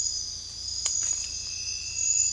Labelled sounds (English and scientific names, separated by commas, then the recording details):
none
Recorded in secondary vegetation near Puerto Asís, Putumayo, Colombia, on 16 December 2024 at 22:30
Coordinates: 0.499, -76.323
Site G010